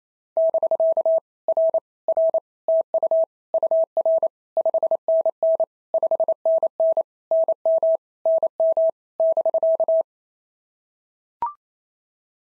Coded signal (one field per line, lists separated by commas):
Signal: Morse code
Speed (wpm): 27 wpm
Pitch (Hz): 650 Hz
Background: none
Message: <BK> R R TU UR 5NN 5NN NM NM <BK>